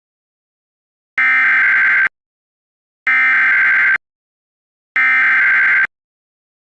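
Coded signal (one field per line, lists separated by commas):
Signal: Emergency Alert System (SAME) tones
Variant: header bursts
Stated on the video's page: Fictional EAS scenario.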